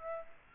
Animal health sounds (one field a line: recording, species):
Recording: mosquito wingbeat signal from an infrared sensor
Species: Aedes aegypti